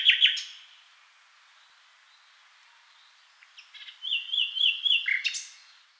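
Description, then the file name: Common nightingale song: a brief sharp opening burst, a long quiet gap, then a phrase of repeated notes. "Nachtigall"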